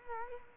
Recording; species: mosquito wingbeat signal from an infrared sensor; Culex quinquefasciatus